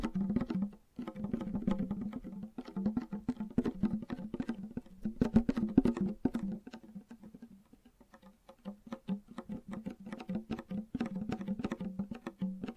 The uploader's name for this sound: Fast & Gentle Tapping